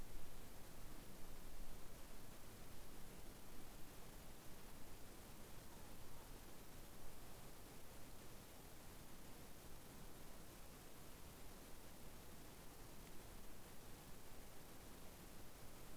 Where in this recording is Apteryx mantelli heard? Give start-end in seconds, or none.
none